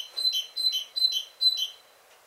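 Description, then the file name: Great tit repeating a bright two-note phrase, a ringing high note followed by a slightly lower one, several times in quick rhythm. "Parus major"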